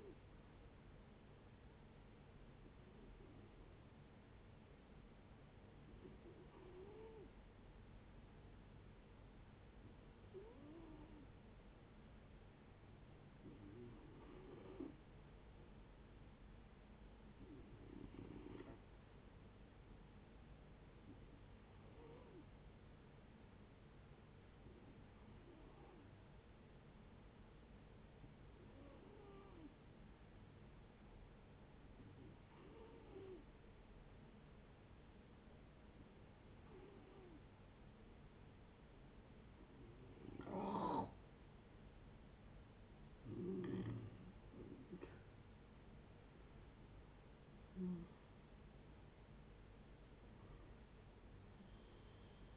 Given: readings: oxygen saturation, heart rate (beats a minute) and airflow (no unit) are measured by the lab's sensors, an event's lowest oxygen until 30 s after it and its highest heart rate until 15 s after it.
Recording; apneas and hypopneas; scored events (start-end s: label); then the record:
breathing in sleep by a voice recorder at the bedside; 2
3.00-15.30 s: hypopnea (N2, oxygen 93% highest, then 90% lowest, heart rate 62 at the start, 66 highest)
27.00-43.90 s: hypopnea (N2, oxygen 91% highest, then 89% lowest, heart rate 66 at the start, 76 highest)
From the record:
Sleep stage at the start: N2 (light sleep); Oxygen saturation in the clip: 89 to 93%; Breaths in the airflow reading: 14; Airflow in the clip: -7.8 to 10.8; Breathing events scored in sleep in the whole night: 496 in 5.4 hours asleep